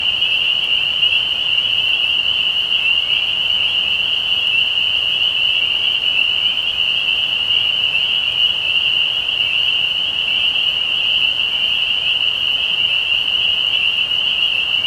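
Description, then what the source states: Spring peepers in a dense chorus, a steady high shrill ringing with overlapping peeps blending into one continuous sound throughout. Recorded 15 May 2020.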